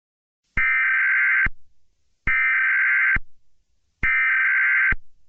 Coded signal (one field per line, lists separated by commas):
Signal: Emergency Alert System (SAME) tones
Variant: header bursts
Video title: EAS Scenario #4: Sense of Injustice